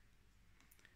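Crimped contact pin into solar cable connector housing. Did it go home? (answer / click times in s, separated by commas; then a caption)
yes / 0.6 s, 0.7 s, 0.8 s. A crimped metal contact pin on the positive 4mm² solar cable is pushed into the plastic MC4 plug housing until it locks. Short sharp clicks sound at 0.6, 0.7 and 0.8 seconds over a low steady background hum. The pin seats and locks in the connector housing.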